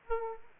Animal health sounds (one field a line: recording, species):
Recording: mosquito wingbeat signal from an infrared sensor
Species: Aedes aegypti